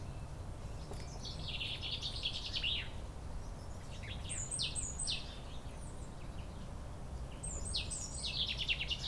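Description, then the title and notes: Common Chaffinch song, a bright descending trill of notes near the start, with other higher notes later, over steady low rumbling background noise. Singing beside a centuries-old lime tree, the oldest tree in Chindrieux, in a neighbourhood park in Chindrieux, France. "Près du plus vieil arbre de Chindrieux un tilleul de plusieurs siècles , un pinson chante accompagné d'une mésange dans le parc du voisinage."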